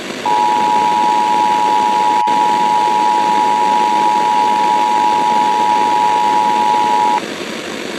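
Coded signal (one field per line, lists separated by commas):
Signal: Emergency Alert System (SAME) tones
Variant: 853 and 960 Hz attention tone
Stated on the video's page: Fictional analog horror EAS scenario, not a real alert.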